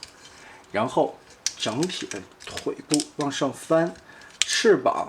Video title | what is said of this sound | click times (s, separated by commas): 你就不能换换料子？变形金刚 遗产 传世进化 漫画对决套装 矿工威震天 议员蝙蝠精 | 首先2条腿中间的扣点扣起来， | 0.0 s